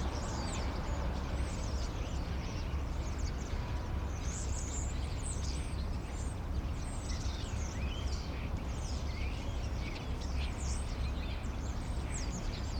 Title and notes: Rue Tasson-Snel 9, 1060 Saint-Gilles, Belgique - Étourneaux - Starlings. Étourneaux sur une grue, intérieur dîlot. Starlings on a crane, Inner courtyard